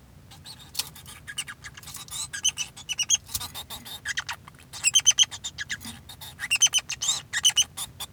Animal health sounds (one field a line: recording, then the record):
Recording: song of a male Bengalese finch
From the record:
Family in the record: son of father 2